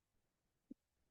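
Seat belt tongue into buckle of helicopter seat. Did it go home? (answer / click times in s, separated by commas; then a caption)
no / none. A seat belt tongue is handled near the buckle of an R44 helicopter seat during a daily inspection seat check. A single soft, low thump is heard around 0.7 s over a quiet background. Nothing has seated or clicked yet; the tongue is not home in the buckle.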